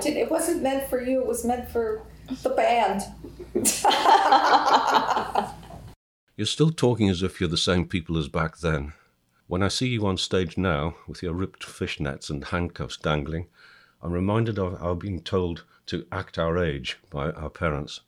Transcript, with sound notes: ‘t wasn’t meant for you, it was meant for the band!’ (laughter) You’re still talking as if you’re the same people as back then. When I see you on stage with your ripped fishnets and handcuffs dangling I’m reminded of our being told to ‘act our age’ by our parents.